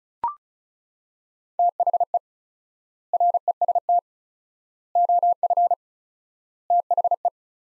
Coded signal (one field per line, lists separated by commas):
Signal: Morse code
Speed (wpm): 34 wpm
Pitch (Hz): 700 Hz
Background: none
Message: THE REST OF THE